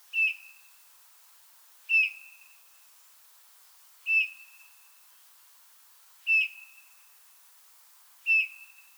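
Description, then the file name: Eurasian bullfinch calling with five soft piped whistles spaced roughly two seconds apart in a quiet setting. "Pyrrhula pyrrhula"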